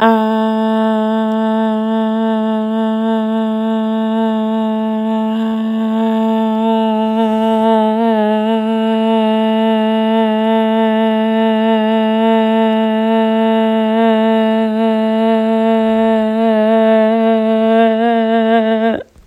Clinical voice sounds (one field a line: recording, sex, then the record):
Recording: sustained vowel /a/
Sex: female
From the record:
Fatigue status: no fatigue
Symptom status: symptomatic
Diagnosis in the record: COVID-19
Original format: m4a